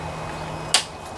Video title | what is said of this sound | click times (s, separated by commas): JOHN DEERE JS26 Lawnmower Mowmentum ground DRIVE CABLE REPLACEMENT How to Fix Replace | You hear it snap. | 0.7 s